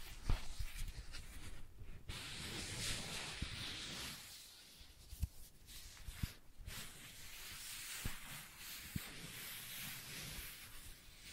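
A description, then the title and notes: Sensitive tracing sounds, a soft continuous rubbing hiss that swells and fades, punctuated by sharp taps and clicks every second or two. ASMR Sensitive Tracing (No Talking).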